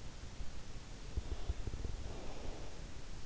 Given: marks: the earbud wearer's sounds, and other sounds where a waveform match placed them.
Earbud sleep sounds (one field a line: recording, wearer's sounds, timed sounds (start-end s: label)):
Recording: sounds in sleep by an in-ear microphone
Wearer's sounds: breath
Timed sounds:
2.53-3.18 s: breath